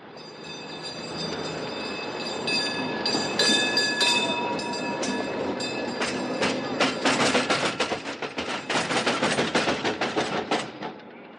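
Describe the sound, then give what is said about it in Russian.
A tram rolls along its rails with a steady rumble and high, ringing metallic tones, building into a quick rhythmic clatter of wheels over the track in the second half. “Когда Тараканов шел на службу, он чуть было не попал под трамвай.”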